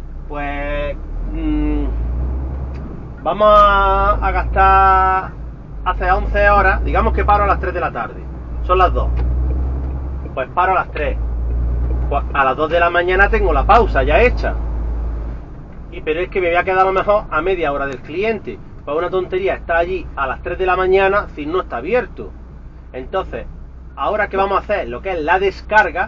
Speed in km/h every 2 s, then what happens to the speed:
0, 3, 6, 12, 17, 23, 27, 29, 28, 24, 15, 6, 0.
0-13 pulls away to 29. 13-26 slows to 0.